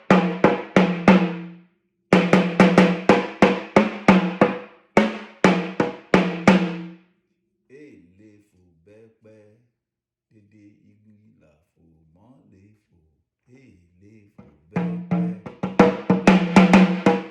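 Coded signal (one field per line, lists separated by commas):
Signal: talking drum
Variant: Yoruba sakara drum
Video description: Playing "Afomọ o le fo ibẹpẹ" with the Yoruba Orunsha Sakara talking drum by Jammal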